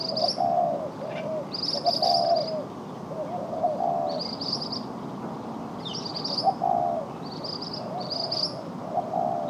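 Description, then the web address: Ashy minivet calls: short, high, metallic jingling trills, repeated several times. "Pericrocotus divaricatus. صدای-پرنده-سرنجی-خاکستری"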